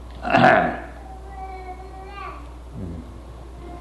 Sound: children making noises

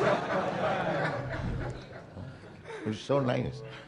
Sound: laughter

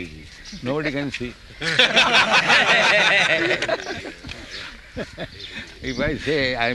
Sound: laughter

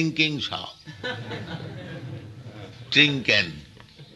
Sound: laughter

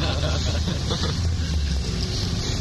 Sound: laughter

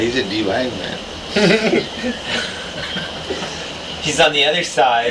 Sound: devotees laugh

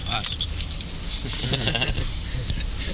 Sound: laughter

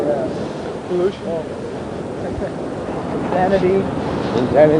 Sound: laughs

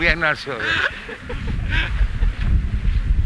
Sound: laughter

